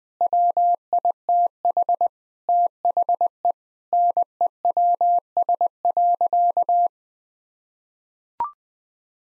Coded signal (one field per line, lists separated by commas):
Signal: Morse code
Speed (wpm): 19 wpm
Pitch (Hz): 700 Hz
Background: none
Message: WITH THE NEWS.